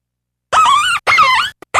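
Fox calling with harsh, wavering squeals, two drawn-out rising and falling cries followed by a brief blip and the start of another cry.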